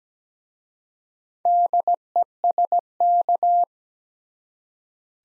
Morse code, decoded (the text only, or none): DESK